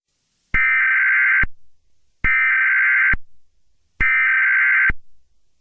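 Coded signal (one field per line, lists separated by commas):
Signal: Emergency Alert System (SAME) tones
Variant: header bursts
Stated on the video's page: Self-made mock Emergency Alert System scenario; the alert is simulated, not a real broadcast.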